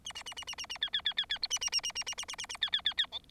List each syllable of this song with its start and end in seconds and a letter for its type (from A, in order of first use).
0.04-0.12 A, 0.15-0.23 A, 0.25-0.34 A, 0.36-0.44 A, 0.47-0.55 A, 0.58-0.66 A, 0.69-0.78 A, 0.81-0.90 B, 0.93-1.01 B, 1.05-1.14 B, 1.17-1.26 B, 1.29-1.38 B, 1.42-1.47 C, 1.50-1.59 A, 1.61-1.70 A, 1.72-1.81 A, 1.83-1.92 A, 1.95-2.04 A, 2.06-2.14 A, 2.17-2.25 A, 2.28-2.35 A, 2.38-2.46 A, 2.49-2.57 A, 2.61-2.70 B, 2.72-2.81 B, 2.85-2.93 B, 2.97-3.06 B, 3.12-3.19 D